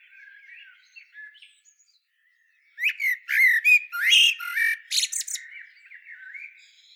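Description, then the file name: Common blackbird song, beginning with faint mellow warbles, a short gap, then a loud stretch of high, scratchy twittering that trails into softer notes. "Turdus merula"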